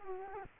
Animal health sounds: mosquito wingbeat signal from an infrared sensor; Culex quinquefasciatus

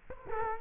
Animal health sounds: mosquito wingbeat signal from an infrared sensor; Culex quinquefasciatus

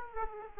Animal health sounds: mosquito wingbeat signal from an infrared sensor; Aedes aegypti

